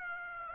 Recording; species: mosquito wingbeat signal from an infrared sensor; Aedes aegypti